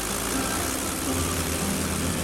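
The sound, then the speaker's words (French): A Potez 25 airplane engine runs at a steady idle as the plane leaves the hangar at Santiago airfield at 7:45, a continuous low rumbling drone with a broad hiss over it, holding an even loudness throughout with no voices. “À 7h45, son avion, un Potez 25, quitte le hangar.”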